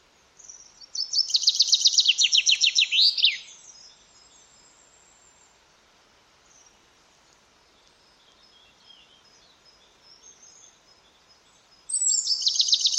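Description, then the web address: Common chaffinch singing a fast, bright trill that drops in pitch and ends in a flourish, followed by quiet faint chirps, then a second song starting near the end. "Deverinetal"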